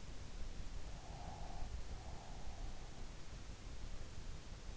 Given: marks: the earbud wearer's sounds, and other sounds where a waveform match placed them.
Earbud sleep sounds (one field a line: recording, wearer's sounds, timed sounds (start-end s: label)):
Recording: sounds in sleep by an in-ear microphone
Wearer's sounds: breath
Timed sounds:
0.80-3.56 s: breath